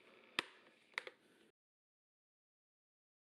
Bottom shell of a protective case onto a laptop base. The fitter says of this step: it does just slot in quite easily and you can hear it click into place so